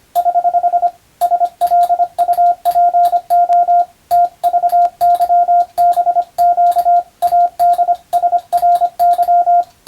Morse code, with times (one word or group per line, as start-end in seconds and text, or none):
0.2-0.9 <HH>
1.2-3.8 SLUPO
4.1-7.0 TVYBQ
7.2-9.6 ADSRY